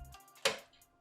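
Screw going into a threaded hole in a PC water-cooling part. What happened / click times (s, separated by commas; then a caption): The screw thread dropped into the start of the mating thread / 0.5 s. A screw is turned backwards in a threaded hole of a PC water-cooling part until its thread drops into the start of the mating thread, with a single sharp click at 0.5 s. The screw is seated at its thread start; backing it out until it clicks keeps it from stripping and lets it thread in correctly.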